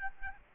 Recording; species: mosquito wingbeat signal from an infrared sensor; Aedes albopictus